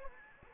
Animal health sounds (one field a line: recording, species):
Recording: mosquito wingbeat signal from an infrared sensor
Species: Anopheles gambiae